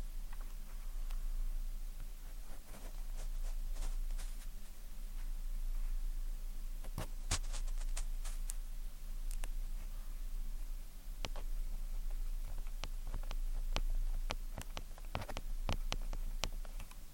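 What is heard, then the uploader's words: Ear cleaning with tweezers: sharp, sticky little clicks and crackles come in scattered bursts, clustering around seven to nine seconds and again through the last five seconds. Beneath them runs a steady low hum with a faint hiss throughout. Ear Cleaning, Tweezers, Sticky Sounds, Spray Bottle.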